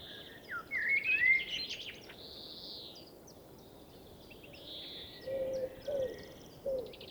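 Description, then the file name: Common blackbird song: a low warbled phrase that rises into squeaky twittering, followed by three short lower notes near the end, over steady background noise. "Turdus merula"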